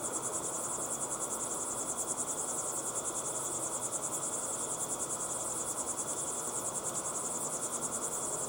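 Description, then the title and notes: Crickets chirp in a continuous shrill pulsing chorus, the rapid even beats holding steady from start to finish against a soft background hiss. Crickets chirping at sunset in a pyroclastic desert, Timanfaya, Lanzarote; recorded with ambisonic equipment, converted to binaural audio. "Be still and listen to the crickets at sunset in the incredible Timanfaya pyroclastic desert on the island of Lanzarote."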